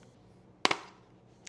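The bottom half of the plastic trim on a 392 steering wheel being installed in a Jeep Gladiator is pressed together on the wheel and snaps into place. Two sharp, loud cracks sound at 0.7 s and again at 0.7 s, about 0.06 s apart, followed by a brief fading ring and a faint tick near 1.5 s. The trim half is seated.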